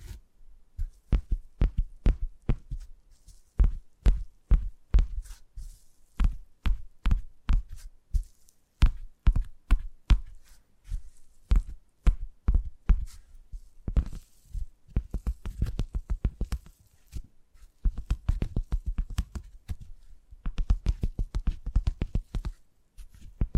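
Tingly tapping sounds: sharp, dry taps with a low thump, arriving at a fairly regular pace of roughly two to three per second. The pattern pauses briefly around 14 and 17 seconds, then turns into quicker, denser clusters of tapping near the end.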